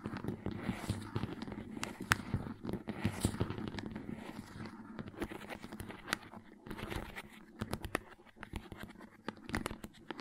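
Crayons tap and scrape against paper in a steady run of short, dry clicks and scratchy strokes, several per second and uneven in spacing. Sharper taps stand out around two, three and seven seconds, over a low, busy rustle that fills the gaps.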